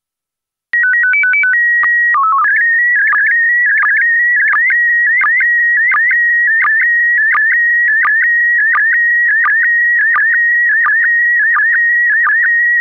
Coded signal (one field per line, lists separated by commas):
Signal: SSTV (slow-scan television)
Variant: PD 90